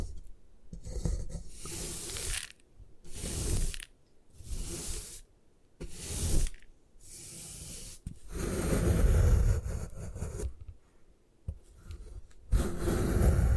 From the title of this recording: Destroy Gym Chalk